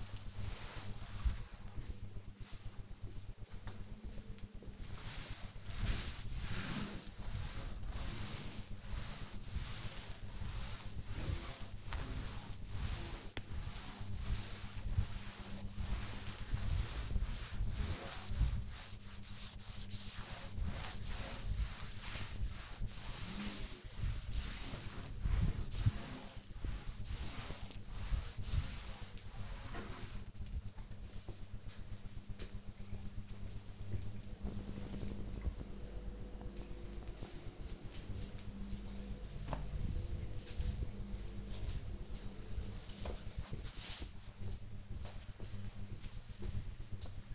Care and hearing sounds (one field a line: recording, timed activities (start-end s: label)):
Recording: household activities, microphone on the right wrist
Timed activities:
0.00-30.53 s: cleaning table